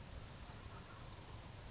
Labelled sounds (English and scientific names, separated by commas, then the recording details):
California Towhee (Melozone crissalis)
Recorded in Sonoma County, California